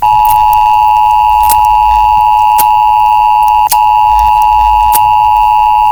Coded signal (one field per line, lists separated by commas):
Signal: Emergency Alert System (SAME) tones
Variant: 853 and 960 Hz attention tone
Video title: EAS Alarms scale 0/10